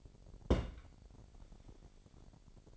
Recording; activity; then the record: daily activity, microphone in the room; place on stove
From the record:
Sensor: 5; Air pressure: 1012.1 hPa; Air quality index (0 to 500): 234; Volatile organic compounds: 4 ppm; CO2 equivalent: 1558 ppm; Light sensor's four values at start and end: 50/112/48/53 and 51/113/49/54